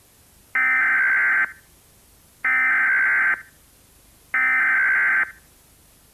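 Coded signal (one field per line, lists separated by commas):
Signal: Emergency Alert System (SAME) tones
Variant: header bursts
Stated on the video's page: Fictional EAS scenario, a made-up alert.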